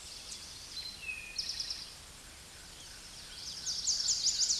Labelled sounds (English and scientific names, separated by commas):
Eastern Towhee (Pipilo erythrophthalmus) song